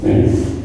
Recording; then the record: squeal of a Yucatan mini pig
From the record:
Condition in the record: before surgery on the right vocal fold (resection and tissue-engineered implant); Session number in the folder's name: 1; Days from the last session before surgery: -21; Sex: female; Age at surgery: 19 weeks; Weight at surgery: 25 kg